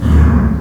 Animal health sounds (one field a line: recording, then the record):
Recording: squeal of a Yucatan mini pig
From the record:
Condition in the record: after surgery on the right vocal fold (resection and tissue-engineered implant)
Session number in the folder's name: 17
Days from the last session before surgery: 195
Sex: female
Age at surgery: 19 weeks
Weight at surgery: 25 kg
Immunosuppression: prednisolone